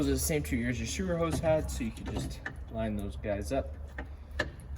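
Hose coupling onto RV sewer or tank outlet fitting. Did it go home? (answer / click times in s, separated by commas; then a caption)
yes / 4.0 s, 4.4 s. Someone talks while the tank-flush hose fitting is lined up with the sewer outlet fittings on a 2023 Sunseeker 3010DS RV (stock 13497) and pushed on. The sewer hose coupling clicks into place, with sharp clicks at 4.0 s and 4.4 s and a faint tap at 4.6 s.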